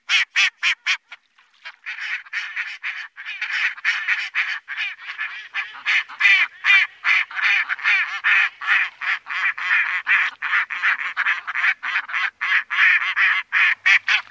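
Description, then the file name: Mallard quacking, a few loud quacks, then a long, rapid, steady chatter of raspy quacks, roughly two or three each second. "Grasand"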